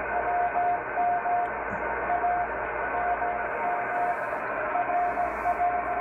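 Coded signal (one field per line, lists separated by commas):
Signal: radio time signal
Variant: RWM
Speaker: 9996 rwm Moscow time signal on the MLA 30 Loop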